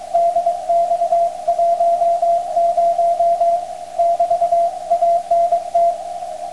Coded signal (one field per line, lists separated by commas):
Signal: Morse code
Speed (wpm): 23 wpm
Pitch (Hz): 680 Hz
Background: none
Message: DX10 <BT>ANT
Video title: 50Mhz CW QSO アデレード VK5XDX Olyさんと交信！今日、日曜日は南太平洋地域の広い範囲がオープン！JH4MTE